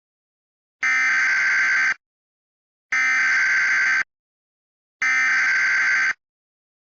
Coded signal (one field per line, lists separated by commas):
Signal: Emergency Alert System (SAME) tones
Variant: header bursts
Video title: EAS Recreation (10/07/19): Flash Flooding in Saipan